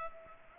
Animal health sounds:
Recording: mosquito wingbeat signal from an infrared sensor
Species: Culex pipiens

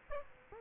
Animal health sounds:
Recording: mosquito wingbeat signal from an infrared sensor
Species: Aedes aegypti

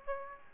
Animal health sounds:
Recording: mosquito wingbeat signal from an infrared sensor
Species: Aedes aegypti

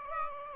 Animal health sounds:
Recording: mosquito wingbeat signal from an infrared sensor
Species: Aedes aegypti

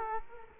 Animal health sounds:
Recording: mosquito wingbeat signal from an infrared sensor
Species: Culex quinquefasciatus

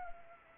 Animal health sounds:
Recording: mosquito wingbeat signal from an infrared sensor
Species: Anopheles arabiensis

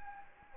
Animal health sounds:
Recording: mosquito wingbeat signal from an infrared sensor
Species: Anopheles gambiae

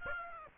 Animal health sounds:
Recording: mosquito wingbeat signal from an infrared sensor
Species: Aedes aegypti

